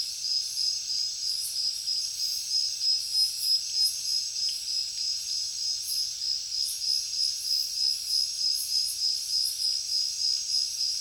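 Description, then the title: Cricket chorus, a continuous high ringing trill that pulses rapidly and swells in a regular beat about three times each second. Heavy cricket chorus at night in a jungle. "alex productions ambient music nature. Jungle night heavy crickets"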